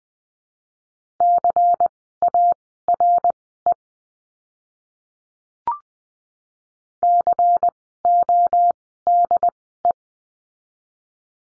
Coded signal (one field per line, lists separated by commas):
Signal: Morse code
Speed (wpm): 20 wpm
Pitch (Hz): 700 Hz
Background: none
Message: CARE CODE